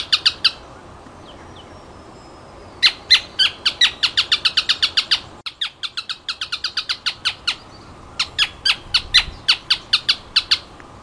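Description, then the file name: Canebrake groundcreeper giving long, fast series of sharp, high notes, with brief gaps between the series. "Canto do cisqueiro"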